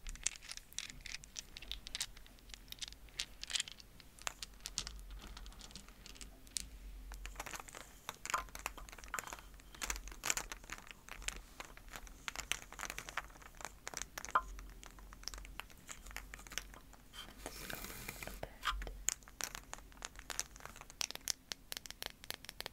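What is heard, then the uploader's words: Tapping and scratching on an egg, a dense run of quick, irregular clicks and scrapes that continues throughout. The sounds are mostly bright and crisp over a faint low hum, with a louder burst of rough scratching around 17–19 seconds. ASMR Easter Triggers To Help You Fall Asleep (tapping, scratching, egg sounds).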